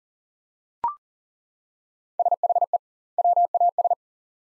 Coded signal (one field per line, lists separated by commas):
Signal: Morse code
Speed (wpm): 37 wpm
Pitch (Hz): 700 Hz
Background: none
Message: SHE WAS